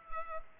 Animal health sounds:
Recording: mosquito wingbeat signal from an infrared sensor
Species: Culex pipiens

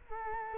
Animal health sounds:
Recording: mosquito wingbeat signal from an infrared sensor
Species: Culex quinquefasciatus

